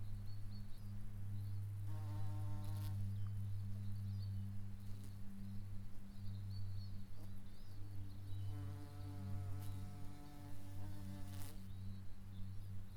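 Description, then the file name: Bee buzz: a deep continuous drone, twice joined by a wavering higher buzz. "Bees and the Birds"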